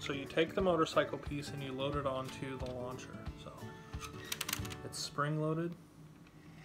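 Someone talks while a plastic toy motorcycle is loaded onto its spring-loaded launcher, with music in the background and a quick burst of sharp plastic clicks and taps around 4.3 to 4.7 seconds. The motorcycle is only being handled so far, and nothing has seated or clicked into place yet.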